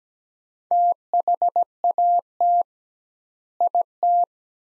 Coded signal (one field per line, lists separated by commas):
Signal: Morse code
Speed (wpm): 17 wpm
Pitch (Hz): 700 Hz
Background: none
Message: THAT IT